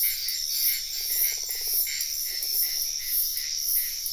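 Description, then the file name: High insect chirping fills the background in quick repeated pulses while two low, buzzy frog trills sound in turn. Wetland at night in Sian Ka'an Biosphere Reserve, with frogs also heard. "felix blume nature ambience wetland night frogs insects bird heron type sian ka an biosphere reserve"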